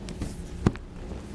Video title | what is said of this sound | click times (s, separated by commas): etrailer - Mount: Blue Ox Base Plate Kit on a 2007 Saturn Vue | we'll align those three clips we had earlier in the right spot push that to get it clicked in | 0.7 s